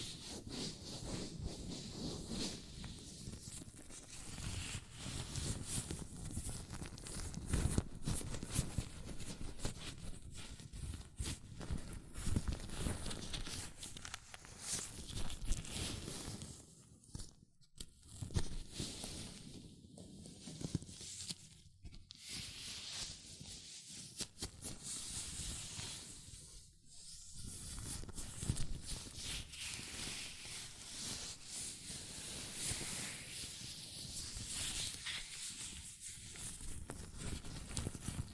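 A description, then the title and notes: Hands in latex gloves rub and squeak almost without pause, giving a dense, rustling, hissy texture. The friction sounds swell and fade irregularly, with brief near-silent gaps around 17, 20, 22 and 27 seconds before the rubbing picks up again. ASMR Latex Gloves Hand Sounds (No Talking).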